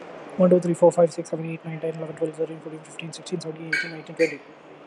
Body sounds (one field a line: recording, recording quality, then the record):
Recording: counting at a fast pace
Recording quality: moderate, slight background noise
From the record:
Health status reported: healthy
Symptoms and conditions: none ticked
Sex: male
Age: 30 years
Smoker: not ticked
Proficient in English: yes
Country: India